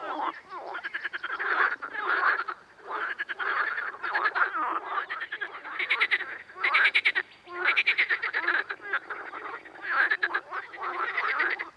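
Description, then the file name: Amphibians calling in a dense chorus of rasping pulsed croaks in overlapping bursts that surge and fade. Amphibian ambience. "AMBAmphibiens"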